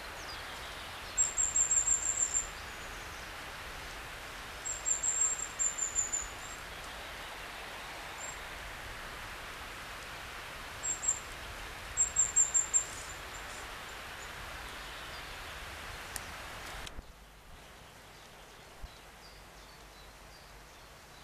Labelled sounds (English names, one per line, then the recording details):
Goldcrest song
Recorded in the wild
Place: Oberstdorf, Bayern, DE
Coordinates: 47.4208, 10.2464
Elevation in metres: 886
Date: 1979-04-10
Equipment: Uher 4000 Report
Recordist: Tretzel, Erwin